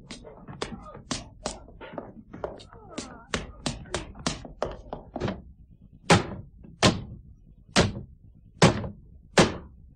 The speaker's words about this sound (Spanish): Está dando hachazos a una ventana de un dormitorio.